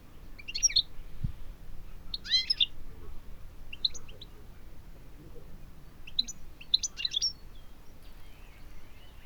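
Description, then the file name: European goldfinch calls: short clusters of sharp, tinkling chirps coming in several bursts, over a low background rumble. "Carduelis carduelis"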